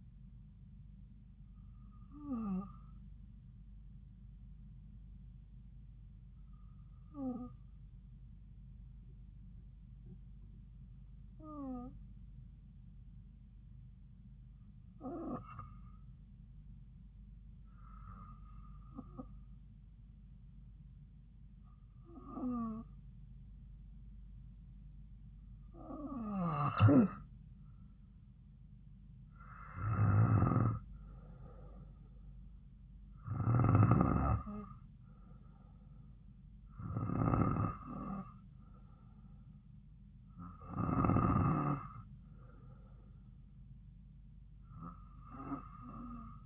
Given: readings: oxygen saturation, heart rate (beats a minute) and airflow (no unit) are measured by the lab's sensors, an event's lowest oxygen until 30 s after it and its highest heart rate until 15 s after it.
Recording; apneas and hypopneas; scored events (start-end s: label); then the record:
breathing in sleep by a smartphone at the bedside; 1
12.00-31.50 s: hypopnea (N2, oxygen 96% highest, then 92% lowest)
From the record:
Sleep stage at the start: N2 (light sleep); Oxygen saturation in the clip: 89 to 96%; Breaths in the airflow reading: 10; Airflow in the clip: -4.1 to 3.1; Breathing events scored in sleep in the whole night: 270 in 6.1 hours asleep